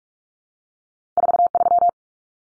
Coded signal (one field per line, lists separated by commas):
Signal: Morse code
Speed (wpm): 44 wpm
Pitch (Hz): 700 Hz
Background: none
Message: 43